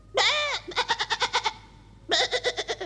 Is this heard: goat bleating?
yes